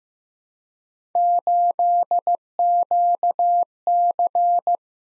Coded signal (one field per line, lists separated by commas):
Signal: Morse code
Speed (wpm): 15 wpm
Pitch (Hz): 700 Hz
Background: none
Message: 8QC